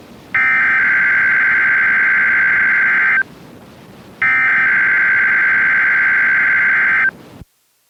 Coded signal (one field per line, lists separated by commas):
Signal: Emergency Alert System (SAME) tones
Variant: header bursts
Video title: (Fail) RWT on KIH28! NOAA Weather Radio Online EAS #508